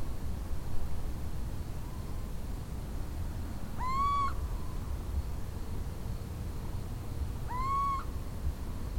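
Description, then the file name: Little owl giving a rising, mewing whistled call, twice, about three and a half seconds apart, over a steady low rumble of background noise. "Minervauggla"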